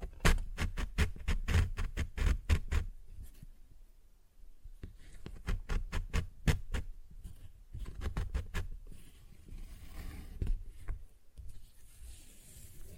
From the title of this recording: Paper Bag Tapping and Scratching Sounds